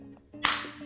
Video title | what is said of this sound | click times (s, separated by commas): How to change the battery in a 2014 BMW remote KEY | there it goes it's snapped | 0.4 s